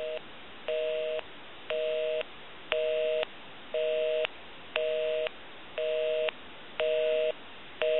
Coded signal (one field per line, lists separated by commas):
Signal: telephone call progress tone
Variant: North America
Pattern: busy tone